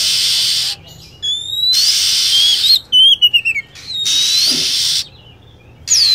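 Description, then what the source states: Lovebird calls: harsh hissing screeches alternate with high whistles and a quick stutter of chirps. Lure sound used for attracting lovebirds.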